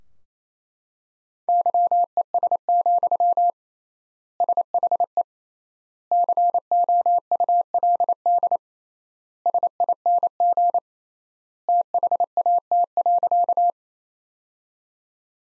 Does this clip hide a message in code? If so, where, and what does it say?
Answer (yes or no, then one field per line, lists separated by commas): yes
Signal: Morse code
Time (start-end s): 1.5-13.7 s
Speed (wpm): 28 wpm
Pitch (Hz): 700 Hz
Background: none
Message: YES, SHE COULD SING THAT.